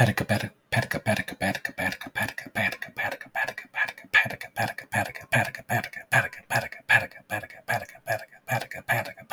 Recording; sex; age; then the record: repeated syllables /pa ta ka/; male; 30 to 39 years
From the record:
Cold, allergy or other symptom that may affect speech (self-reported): no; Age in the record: 33 years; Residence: North Carolina, United States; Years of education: 15